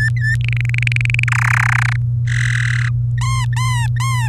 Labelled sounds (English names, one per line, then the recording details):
Domestic Canary song
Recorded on 24 April 2018 at 06:00
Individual llb3